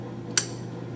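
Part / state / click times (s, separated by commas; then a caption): mass airflow sensor electrical connector into the sensor on a cold air intake tube / seated / 0.4 s. The plastic wiring connector of a mass airflow sensor is pushed onto the sensor on the new cold air intake tube of a JLT intake system (CAIP-CZL1-17) being installed on a 2017+ Camaro ZL1. A sharp, bright click at 0.4 s marks the connector seating, before the retainer is locked. A fainter tick follows at 1.0 s over a steady low hum.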